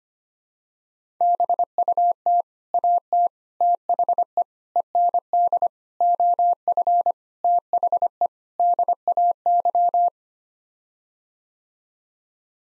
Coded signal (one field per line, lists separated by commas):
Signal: Morse code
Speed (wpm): 25 wpm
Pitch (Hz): 700 Hz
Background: none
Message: BUT AT THE END OF THE DAY